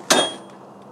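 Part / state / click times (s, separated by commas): removable tow ball adapter into vehicle hitch receiver / seated / 0.1 s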